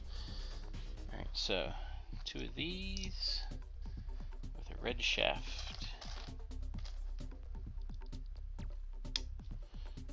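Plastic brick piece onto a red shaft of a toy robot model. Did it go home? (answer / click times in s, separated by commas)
yes / 9.2 s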